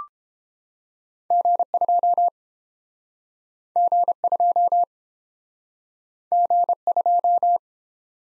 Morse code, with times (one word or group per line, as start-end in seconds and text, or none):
1.3-2.3 G2
3.8-4.8 G2
6.3-7.6 G2